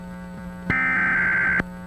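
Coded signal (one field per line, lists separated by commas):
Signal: Emergency Alert System (SAME) tones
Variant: header bursts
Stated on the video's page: Mock required monthly test with tones encoded later, carrying a wrong start date and an 8-digit hidden easter egg in the encoded data.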